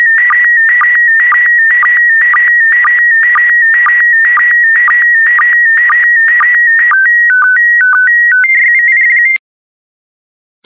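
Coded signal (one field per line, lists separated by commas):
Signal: SSTV (slow-scan television)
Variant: PD120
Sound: warbling tone near 1.9 kHz with regular low blips, then stepped whistling tones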